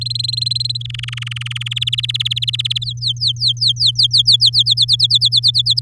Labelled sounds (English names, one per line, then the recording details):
Domestic Canary song
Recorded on 7 May 2018 at 13:22
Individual llb16